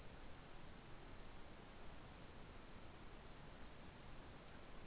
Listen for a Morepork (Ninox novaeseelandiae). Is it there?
no